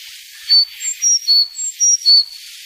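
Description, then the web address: Sakhalin leaf warbler singing a brisk phrase of seven piercing high notes, each brief and pure, cycling through three pitches. "sikioto. ezomushikui"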